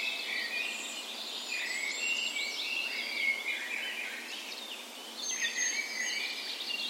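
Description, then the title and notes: Birds: bird dawn chorus with overlapping trills and clear drawn-out whistles, several songbirds singing together without a break. Dawn chorus on the morning of 17 May, Norway's National Day, in a park west in Bergen, Norway, in spring; Sony PCM A10 recorder with LOM micro Usi mics as tree ears. "17th Of May Dawn Chorus. Recorded on the morning of Norways National Day the 17th of May in a park west in Bergen. Spring is in full effect, and the dawn chorus sounds wonderful!"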